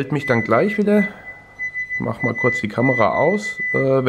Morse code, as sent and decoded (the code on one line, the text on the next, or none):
-.. . / ... .- --.-
DE SAQ